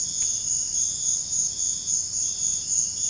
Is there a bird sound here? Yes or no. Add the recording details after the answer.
no. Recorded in dense forest near Puerto Asís, Putumayo, Colombia, on 20 February 2024 at 05:30. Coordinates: 0.487, -76.319. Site G6403